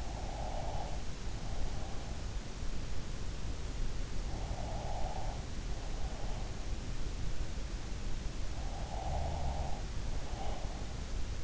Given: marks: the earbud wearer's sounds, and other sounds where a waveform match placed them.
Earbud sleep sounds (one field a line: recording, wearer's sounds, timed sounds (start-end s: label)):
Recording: sounds in sleep by an in-ear microphone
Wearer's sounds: breath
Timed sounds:
0.00-2.44 s: breath
4.24-7.11 s: breath
8.72-11.44 s: breath